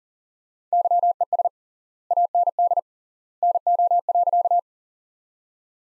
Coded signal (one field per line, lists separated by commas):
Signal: Morse code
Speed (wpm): 40 wpm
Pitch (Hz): 700 Hz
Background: none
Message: YES AND NO.